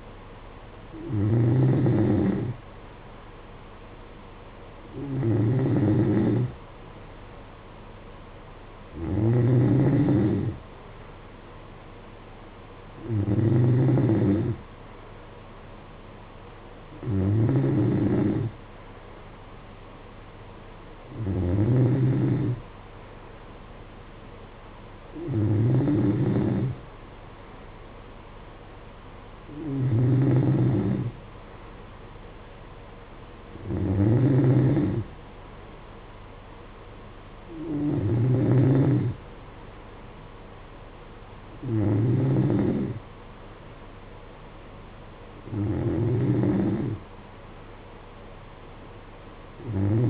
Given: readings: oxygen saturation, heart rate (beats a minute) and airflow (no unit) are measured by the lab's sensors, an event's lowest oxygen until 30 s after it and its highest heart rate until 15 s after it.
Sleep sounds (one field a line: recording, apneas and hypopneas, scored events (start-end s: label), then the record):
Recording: breathing in sleep by a voice recorder at the bedside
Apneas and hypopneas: none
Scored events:
none scored
From the record:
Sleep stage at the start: N3 (deep sleep)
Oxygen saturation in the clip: 92 to 93%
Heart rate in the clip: 55 to 58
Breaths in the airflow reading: 12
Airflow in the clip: -8.1 to 5.9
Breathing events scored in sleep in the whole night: 476 in 9.7 hours asleep